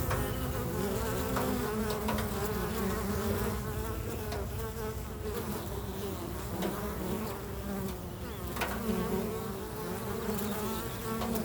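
Bees buzzing, a thick continuous hum with gently rising and falling tones and sporadic light ticks.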